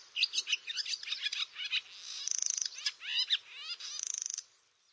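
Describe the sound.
Barn swallow twittering song, a fast jumble of high chirps and warbles broken twice by a quick buzzy rattle, then fading out near the end.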